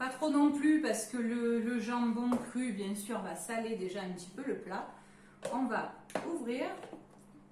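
Someone talks while handling a plastic kitchen food container, opening it and then fitting the plastic lid back on so the parts fit together well. Between the words, a few brief plastic knocks and rustles are heard. The clip ends before the lid goes home; nothing has seated or clicked yet.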